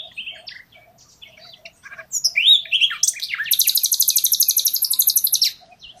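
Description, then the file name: Common nightingale song opening with soft notes, then a loud rising whistle and a long, fast, evenly pulsed high trill lasting about two seconds. "Luscinia megarhynchos"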